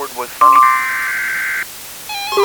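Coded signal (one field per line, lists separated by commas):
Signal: Emergency Alert System (SAME) tones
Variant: header bursts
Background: speech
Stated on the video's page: Fictional EAS scenario of a tornado.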